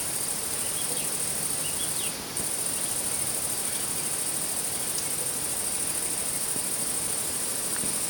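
Insect giving a continuous high, steady drone that breaks off once briefly, over a broad hiss of background noise.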